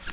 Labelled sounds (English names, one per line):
Nashville Warbler flight call